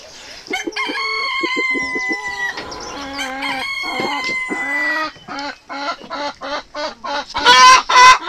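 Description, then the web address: Chicken crowing, overlapping long level crows from several birds, followed by a run of quick clucks and loud harsh squawks at the end. "aso-bit 2018 chicken"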